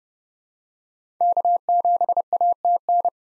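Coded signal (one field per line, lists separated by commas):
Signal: Morse code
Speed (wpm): 29 wpm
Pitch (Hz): 700 Hz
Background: none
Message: K7ATN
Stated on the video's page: Morse practice at 30 wpm of common SOTA chaser call signs, each sent twice.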